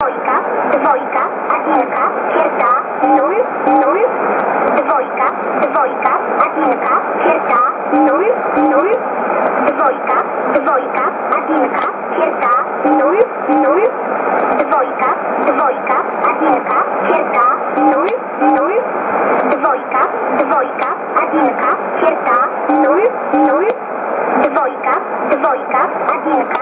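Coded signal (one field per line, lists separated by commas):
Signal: numbers station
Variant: S11a, Polish language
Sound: woman's voice in Polish reciting short number words, repeating a call-up over radio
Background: radio static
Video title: 04 03 2015 Numbers station S11a 1022 on 5815 USB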